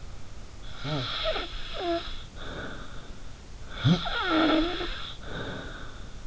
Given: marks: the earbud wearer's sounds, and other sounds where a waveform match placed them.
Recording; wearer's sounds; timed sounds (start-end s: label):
sounds in sleep by an in-ear microphone; snoring breath
0.76-3.18 s: snoring breath
3.63-6.07 s: snoring breath